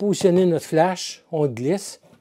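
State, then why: Not seated. Someone talks while a speedlight flash, taken off the light stand with the softbox bracket, is slid into the holder of the softbox bracket mount. Only speech is heard over the 2.3 seconds, and nothing has seated or clicked yet.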